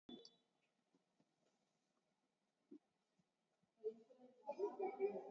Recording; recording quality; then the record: shallow breathing; poor, much background noise or distortion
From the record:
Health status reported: COVID-19 positive, moderate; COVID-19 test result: positive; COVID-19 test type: RT-PCR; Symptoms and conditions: cough, cold, sore throat, fever, muscle pain, loss of smell and taste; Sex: female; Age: 21 years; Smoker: no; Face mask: worn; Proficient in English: yes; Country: India